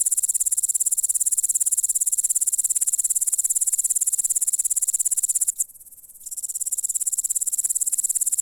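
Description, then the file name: Grasshopper producing a sustained high, fast-pulsed buzz that stops briefly, then starts again. "кузнечик - звуки насекомых"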